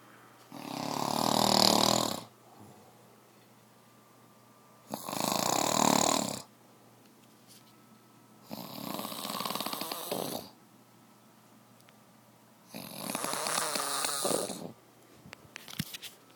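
An adult sleeper snoring: loud, harsh breaths about every four seconds, each lasting one and a half to two seconds, with quiet pauses between.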